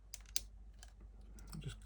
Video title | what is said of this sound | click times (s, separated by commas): DeAgostini Collectibles - Build the Moomin House BOX 16 Part 3 | just clicks into place. | 0.4 s